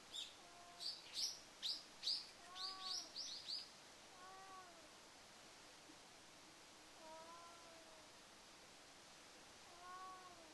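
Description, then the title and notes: Domestic cat giving soft falling meows every few seconds, while a bird chirps sharply and rapidly in a burst during the first few seconds. Family cat Uchan (Uruchi), a male, has caught a mouse and carries it in its mouth to show off; backyard covered with fallen leaves, 10 a.m., sunny morning. "うーちゃん🐈‍⬛、ネズミ捕まえる. 朝10時 晴れ/落ち葉が舞積もった裏庭/我が家のメンバーであるネコのうーちゃん-正式には「ウルチ」くん-が、ネズミを捕まえた"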